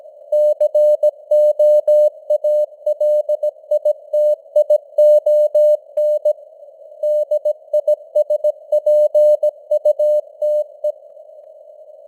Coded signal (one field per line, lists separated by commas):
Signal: Morse code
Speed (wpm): 17 wpm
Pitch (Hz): 600 Hz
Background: none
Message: COALITION DISPUTE